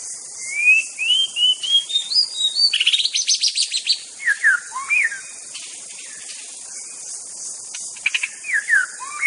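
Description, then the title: White-rumped shama song: a fast, varied run of clear rising whistles and sweeping slurred notes with brief rattling bursts. Wild bird from the forest. "Suara burung murai batu asli hutan"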